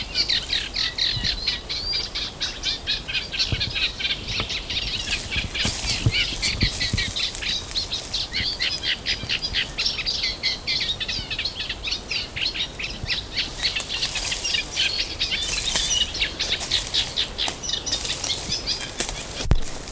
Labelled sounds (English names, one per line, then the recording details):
Eurasian Reed Warbler song
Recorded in the wild
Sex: male
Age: adult
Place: Mühlenbecker Wald, Brandenburg, DE
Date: 1997-06-07 13:32
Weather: fair, ca. 26°C, gusty winds
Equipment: Nagra SN, Kopie Uher 4000 Report Monitor
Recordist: Tembrock, Günter